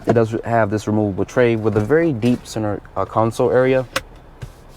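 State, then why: Seated. Someone talks as the padded sliding center armrest lid on the deep center console of a 2023 Toyota Highlander Limited SUV is slid back. A short click at 4.4 s marks it locking into place, so it no longer slides back and forth.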